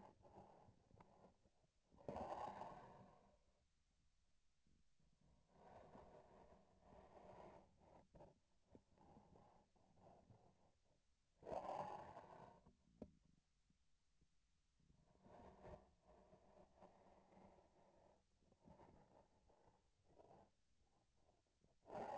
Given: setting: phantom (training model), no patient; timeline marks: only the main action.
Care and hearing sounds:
laparoscopic instrument, vibration sensor on the handle end
0.00-1.42 s: palpation
8.62-10.99 s: palpation
18.37-20.57 s: palpation
From the record:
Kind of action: gesture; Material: synthetic tissue

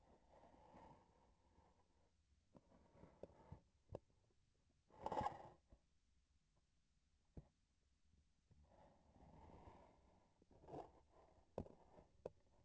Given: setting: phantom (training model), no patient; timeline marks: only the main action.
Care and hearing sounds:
laparoscopic instrument, vibration sensor on the handle end
2.44-3.69 s: palpation
From the record:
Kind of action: gesture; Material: synthetic tissue

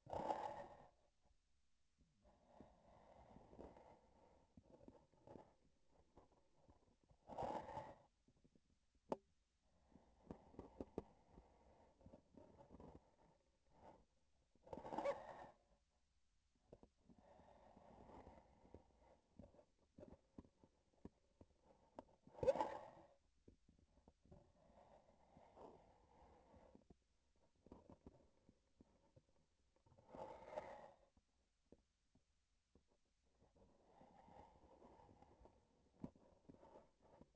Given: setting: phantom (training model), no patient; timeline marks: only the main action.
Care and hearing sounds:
laparoscopic instrument, vibration sensor on the handle end
2.20-5.64 s: palpation
11.16-13.63 s: palpation
19.45-22.23 s: palpation
27.26-29.54 s: palpation
35.80-37.36 s: palpation
From the record:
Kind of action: gesture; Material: synthetic tissue

